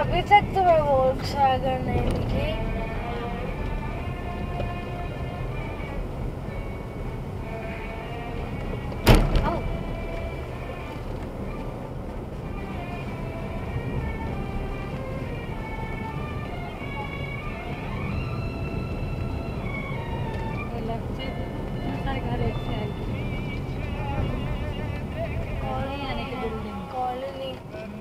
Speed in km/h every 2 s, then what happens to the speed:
42, 38, 41, 38, 41, 44, 41, 40, 40, 42, 42, 35, 22, 21.
0-20 steady at about 41. 20-25 brakes to 21.